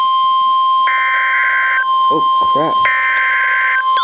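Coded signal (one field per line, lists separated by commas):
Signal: Emergency Alert System (SAME) tones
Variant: header bursts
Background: speech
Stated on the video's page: Special marine warnings from the National Weather Service, recorded on Radioshack 12-993 and 12-382 weather radios.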